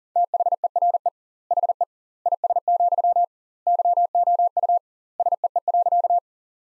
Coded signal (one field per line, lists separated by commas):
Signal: Morse code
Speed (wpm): 40 wpm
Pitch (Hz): 700 Hz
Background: none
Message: THERE HE IS, YOU SEE.